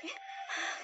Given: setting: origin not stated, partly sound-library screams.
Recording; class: one-second piece from a danger detection set; woman in danger